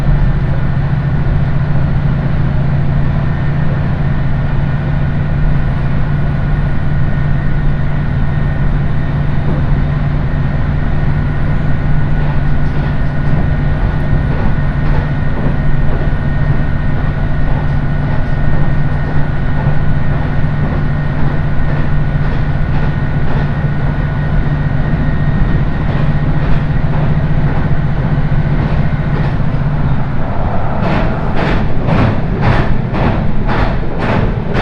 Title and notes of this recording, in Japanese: 伊勢鉄道 四日市→津。普通列車は１両のレールバスで数人程度の乗客ですが、土曜日ということもあり徐々に高校生が乗ってきたりと賑やかになってきます。